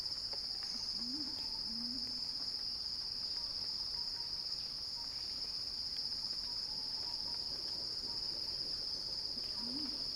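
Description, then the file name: Cicada song, a steady high shrill buzz held without a break throughout, with a few faint low rising chirps from other creatures beneath it. Cicada song described as a crescendo. "Axel-Drioli Cicada-Crescendo-Sounding-Wild"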